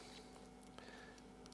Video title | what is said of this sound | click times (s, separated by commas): TORQ LOCKER INSTALL in the CAN AM is super easy! | And really make sure it's on. Hear that clip? That click, click. That's where it's supposed to be. | 0.8 s, 1.5 s